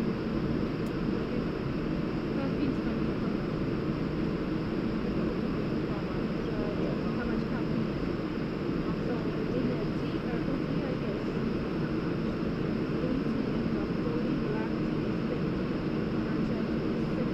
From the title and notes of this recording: Airplane waiting for departure. Waiting to leave San Antonio.